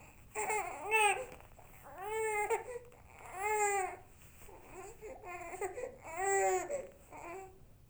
Baby Cry.